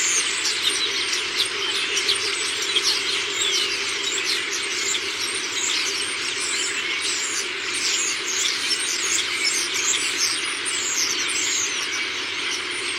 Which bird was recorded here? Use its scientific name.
Sturnus vulgaris